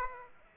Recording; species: mosquito wingbeat signal from an infrared sensor; Aedes aegypti